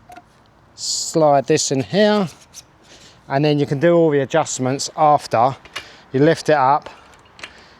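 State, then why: Seated. The folding handlebar stem of an electric folding bike is lifted and pushed into its frame lock while someone talks. A sharp double click sounds at 7.4 s and 7.4 s as the lock engages and the stem seats in place.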